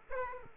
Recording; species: mosquito wingbeat signal from an infrared sensor; Aedes aegypti